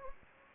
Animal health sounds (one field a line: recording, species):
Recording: mosquito wingbeat signal from an infrared sensor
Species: Anopheles gambiae